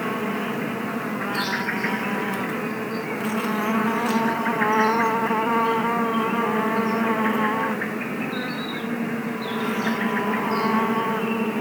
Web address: best service Blue Box animals bees woods